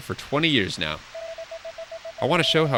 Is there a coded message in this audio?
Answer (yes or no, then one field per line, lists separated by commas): no